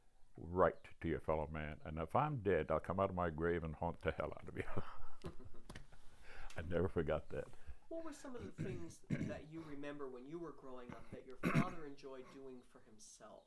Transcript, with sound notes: right to your fellow man and, if I'm dead, I'll come out of my grave and haunt the hell out of you." [laughter] I never forgot that.
What were some of the things that you remember when you were growing up that your father enjoyed doing for himself?